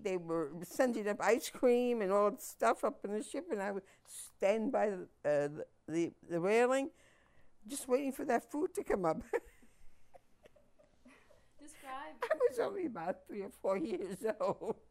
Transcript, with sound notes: They were sending ice cream and all this stuff up in the ship and I would stand by the railing just waiting for that food to come up. (laughs)
Describe...
I was only about two or three years old.